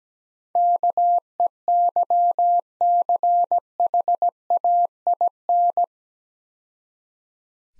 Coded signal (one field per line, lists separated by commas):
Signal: Morse code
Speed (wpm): 19 wpm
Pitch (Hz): 700 Hz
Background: none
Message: KEYCHAIN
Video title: Easy Words - Speed-Racing with Hints - 17wpm